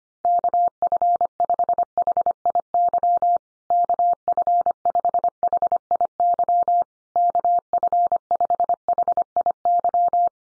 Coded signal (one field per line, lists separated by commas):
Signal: Morse code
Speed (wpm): 25 wpm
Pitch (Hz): 700 Hz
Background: none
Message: KF5HIY KF5HIY KF5HIY